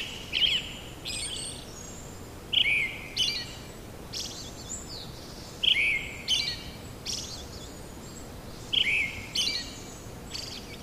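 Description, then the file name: Brown-headed thrush song of repeated phrases, each a clear whistle dropping into a rolling lower note with a squeaky high flourish, delivered about every three seconds. "akahara"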